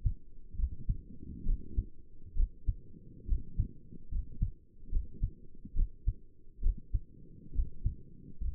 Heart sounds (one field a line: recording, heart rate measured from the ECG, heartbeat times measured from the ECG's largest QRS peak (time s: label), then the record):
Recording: heart sounds by stethoscope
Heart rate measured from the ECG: 69 bpm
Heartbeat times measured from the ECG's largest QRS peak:
0.58 s: heartbeat
1.46 s: heartbeat
2.37 s: heartbeat
3.28 s: heartbeat
4.12 s: heartbeat
4.92 s: heartbeat
5.76 s: heartbeat
6.63 s: heartbeat
7.55 s: heartbeat
8.41 s: heartbeat
From the record:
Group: healthy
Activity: rest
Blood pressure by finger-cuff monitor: 81/55 mmHg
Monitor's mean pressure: 65 mmHg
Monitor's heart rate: 70 bpm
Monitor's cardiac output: 5.6 L/min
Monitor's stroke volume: 83 mL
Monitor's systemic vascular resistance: 780 dyn s/cm5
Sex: male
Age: 22 years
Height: 181 cm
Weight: 79 kg